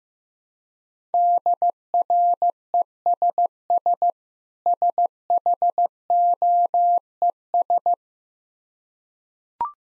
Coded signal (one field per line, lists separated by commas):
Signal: Morse code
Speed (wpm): 15 wpm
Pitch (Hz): 700 Hz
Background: none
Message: DRESS SHOES